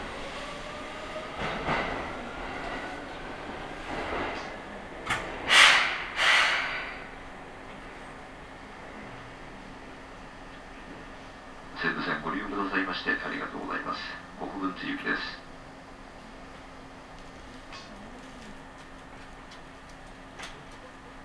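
Riding a Seibu Railway train, a low steady hum runs throughout, with two loud bursts near six seconds and a stretch of announcement-like speech around twelve to fifteen seconds.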